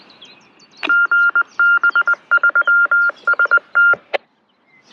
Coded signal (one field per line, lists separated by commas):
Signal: Morse code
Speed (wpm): 20 wpm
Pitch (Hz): 1400 Hz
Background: none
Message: GB3ST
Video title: Getting outdoors with an ex NATO and ex NYCPD Police radio